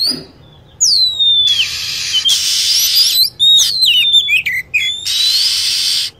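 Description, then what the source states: Lovebird calls: a high swooping note, then a busy flurry of shrill twisting chirps, backed by stretches of steady hiss. Lure recording meant to attract lovebirds.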